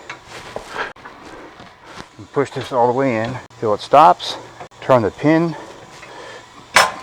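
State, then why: Seated. A spring-loaded locking pin on a bike rack's hitch swing arm is turned after the arm is pushed in until it stops, while someone talks. A sharp metallic snap at 6.8 s marks the pin dropping all the way down into its hole in the swing arm housing, seating it.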